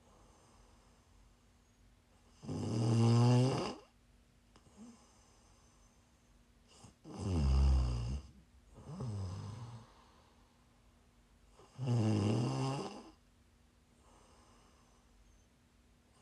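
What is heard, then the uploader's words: Loud, rasping snores come about every four to five seconds, each lasting roughly a second and a half with a rough, fluttering low rumble. Softer exhaled breaths fall between them, and a faint steady hum runs underneath. Prime ASMR snoring.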